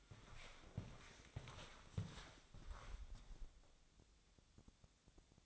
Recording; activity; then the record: daily activity, microphone in the room; walk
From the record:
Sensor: 3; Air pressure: 1000.5 hPa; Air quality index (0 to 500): 170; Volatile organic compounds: 3 ppm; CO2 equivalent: 1481 ppm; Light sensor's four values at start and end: 17/45/18/20 and 16/42/17/18